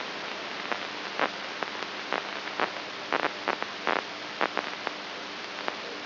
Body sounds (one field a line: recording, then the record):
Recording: brain microelectrode recording played as sound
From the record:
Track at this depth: inside the subthalamic nucleus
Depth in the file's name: 4.715 mm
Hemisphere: right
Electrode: 2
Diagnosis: Parkinson's disease